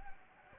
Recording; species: mosquito wingbeat signal from an infrared sensor; Anopheles gambiae